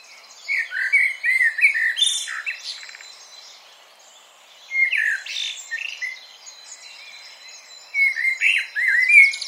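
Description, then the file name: Common blackbird delivering three fluted, warbling song phrases separated by pauses. "Turdus merula"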